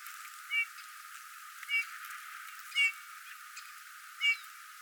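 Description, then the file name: Eurasian bullfinch calls: four soft, short piping whistles with quiet gaps between. "Pyrrhula pyrrhula"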